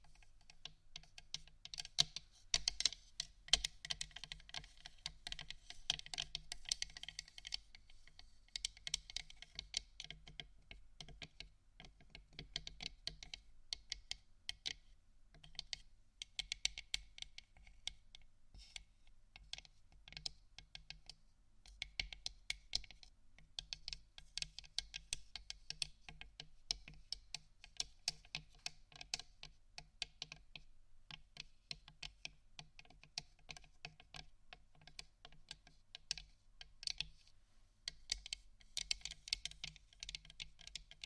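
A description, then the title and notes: Scratching and tapping on various items, heard as a dense, uneven stream of quick clicks and scrapes that runs through all 41 seconds. Bursts thicken and thin irregularly, with bright, crisp edges over a steady low hum. ASMR Scratchtap On Various Items （No Talking）.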